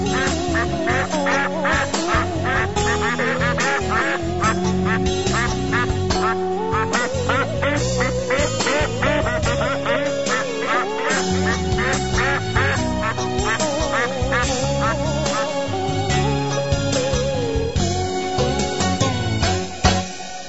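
A large herded flock of ducks, chased by their herder, quacks nonstop, dozens of loud, nasal calls overlapping into a dense, chattering chorus that holds steady for about twenty seconds with no voices.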